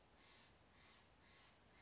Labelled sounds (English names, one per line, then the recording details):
Steller's Jay
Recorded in Sonoma County, California